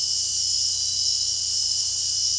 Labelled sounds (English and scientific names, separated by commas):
none